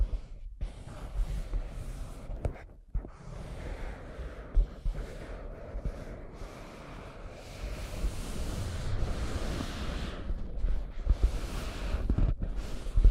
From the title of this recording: Scratching & Tracing